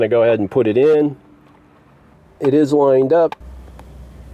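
Someone talks while lining up a new 12V accessory power socket with the plastic center console trim panel of a Honda CR-V, replacing a broken cigarette lighter socket that stopped working. After the talking, only quiet handling noise and a low hum remain. Nothing has seated or clicked yet.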